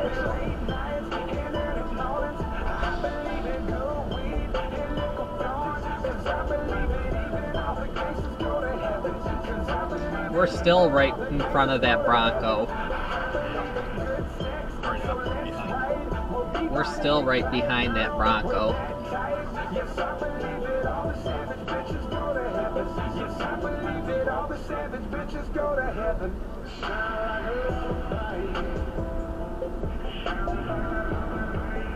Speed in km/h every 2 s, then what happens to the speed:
63, 63, 64, 64, 64, 63, 63, 61, 50, 48, 53, 55, 58, 58, 56, 58.
0-14 steady at about 63. 14-16 brakes to 50. 16-24 speeds up to 58. 24-32 steady at about 58.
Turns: none.